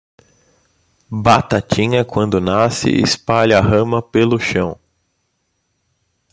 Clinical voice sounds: short text; Brazilian Portuguese; male; 30 to 39 years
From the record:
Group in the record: control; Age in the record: 35 years

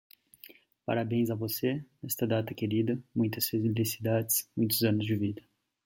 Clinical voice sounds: short text; Brazilian Portuguese; male; 30 to 39 years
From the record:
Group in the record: control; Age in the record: 31 years

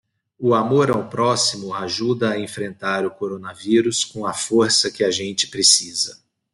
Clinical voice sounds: spoken sentence; Brazilian Portuguese; male; 40 to 49 years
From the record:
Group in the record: control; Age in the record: 43 years

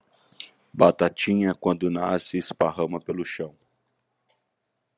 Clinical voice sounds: short text; Brazilian Portuguese; male; 40 to 49 years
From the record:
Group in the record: control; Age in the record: 48 years

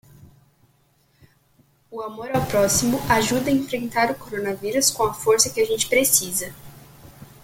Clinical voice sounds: spoken sentence; Brazilian Portuguese; female; 18 to 19 years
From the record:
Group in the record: control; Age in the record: 19 years

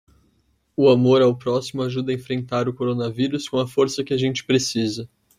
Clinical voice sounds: spoken sentence; Brazilian Portuguese; male; 20 to 29 years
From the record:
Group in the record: control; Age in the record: 23 years

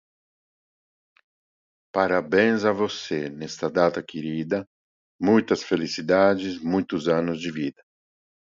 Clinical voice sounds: short text; Brazilian Portuguese; male; 50 to 59 years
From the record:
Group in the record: control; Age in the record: 57 years

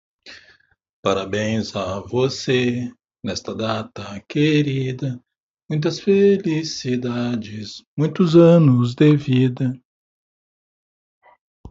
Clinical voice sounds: short text; Brazilian Portuguese; male; 50 to 59 years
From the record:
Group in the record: control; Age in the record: 56 years

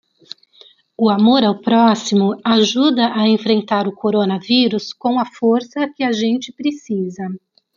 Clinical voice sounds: spoken sentence; Brazilian Portuguese; female; 50 to 59 years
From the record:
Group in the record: control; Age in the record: 50 years

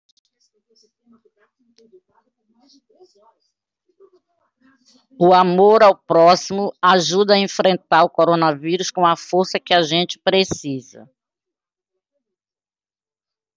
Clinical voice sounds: spoken sentence; Brazilian Portuguese; female; 60 to 69 years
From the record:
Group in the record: control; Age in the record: 62 years

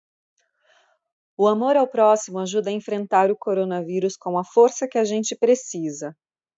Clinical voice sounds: spoken sentence; Brazilian Portuguese; female; 40 to 49 years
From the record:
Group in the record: control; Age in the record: 40 years

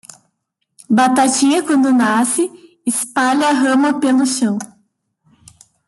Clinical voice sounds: short text; Brazilian Portuguese; female; 20 to 29 years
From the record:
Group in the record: control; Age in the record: 29 years

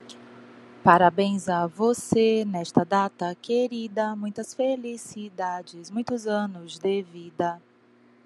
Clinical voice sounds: short text; Brazilian Portuguese; female; 30 to 39 years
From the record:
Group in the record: control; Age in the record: 39 years

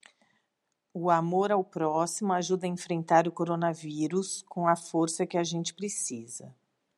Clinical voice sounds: spoken sentence; Brazilian Portuguese; female; 50 to 59 years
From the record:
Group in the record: control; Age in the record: 50 years

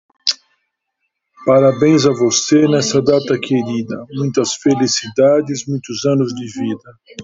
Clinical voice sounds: short text; Brazilian Portuguese; male; 60 to 69 years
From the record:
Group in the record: control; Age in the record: 60 years

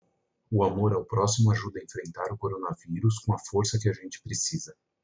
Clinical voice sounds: spoken sentence; Brazilian Portuguese; male; 50 to 59 years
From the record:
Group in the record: control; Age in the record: 51 years

